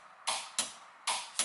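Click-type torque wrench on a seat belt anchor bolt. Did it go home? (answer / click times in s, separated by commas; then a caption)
yes / 1.4 s. A click-type torque wrench set to 60 Nm with a 14 mm socket tightens an upper seat belt anchor bolt, making a series of sharp bright ratcheting bursts. The wrench clicks at its setting at 1.4 s, confirming 60 Nm is reached.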